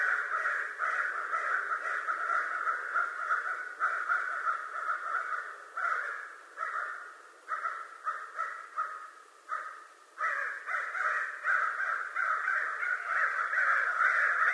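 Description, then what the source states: American crow caws, harsh and nasal, repeated rapidly and overlapping almost without pause, briefly thinning out midway before a dense burst of calls resumes. Recorded 25 November 2011.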